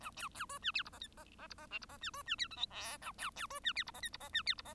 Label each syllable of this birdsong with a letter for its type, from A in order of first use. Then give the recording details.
A B B C D E F G H G G F G I F G D C D E J K L A B B C D E F G H F G D E F G. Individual Bird1